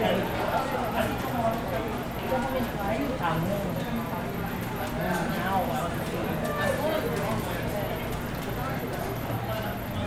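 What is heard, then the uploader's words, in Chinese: Shuangcheng Street in the rain: a dense, steady wash of overlapping voices fills the full ten seconds over a low, constant rumble. Scattered light taps and clacks, like footsteps or knocks, break through now and then, and a thin high whine runs throughout. 雨中的雙城街。也記錄了當時等待過程中雙城街的聲音。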